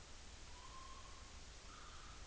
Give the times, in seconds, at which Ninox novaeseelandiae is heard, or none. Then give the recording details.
0.41-1.42. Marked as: faintness 4/5. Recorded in New Zealand on 30 April 2013. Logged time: 02:19. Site Ponui